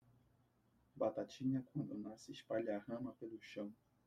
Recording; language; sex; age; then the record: short text; Brazilian Portuguese; male; 20 to 29 years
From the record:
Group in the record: control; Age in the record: 23 years